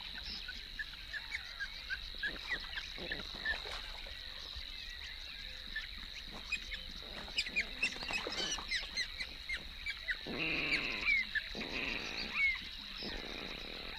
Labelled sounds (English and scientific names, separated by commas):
Water Rail (Rallus aquaticus) call